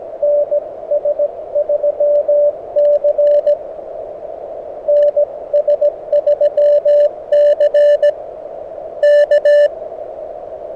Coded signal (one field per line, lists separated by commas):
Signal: Morse code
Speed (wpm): 17 wpm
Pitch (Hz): 590 Hz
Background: radio noise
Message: NS3C NS3C K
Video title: Beginner Morse Code SOTA Practice | Cooper Mountain | Summits on the Air